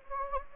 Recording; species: mosquito wingbeat signal from an infrared sensor; Anopheles gambiae